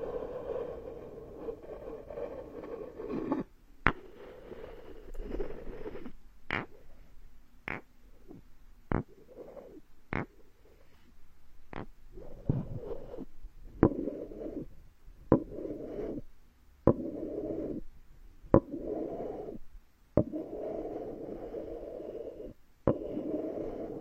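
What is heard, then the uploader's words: Woodworking sounds in a carpenter's workshop: a low, grainy rubbing or grinding runs in bursts, broken by short silences. Sharp wooden taps and clicks land roughly every second, some louder than others, standing out crisply against the muffled rumble. Come to the carpenter's workshop, all kinds of wood massage the scalp layer by layer for ultimate relaxation.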